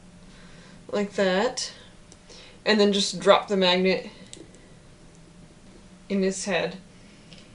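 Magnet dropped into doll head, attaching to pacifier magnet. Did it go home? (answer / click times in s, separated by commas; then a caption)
yes / 4.3 s. A small magnet is dropped into a reborn doll's vinyl head and snaps onto the magnet in the pacifier held against the doll's mouth, with a sharp click at 4.3 s. Someone talks before and after the click. The magnet seats onto the pacifier magnet.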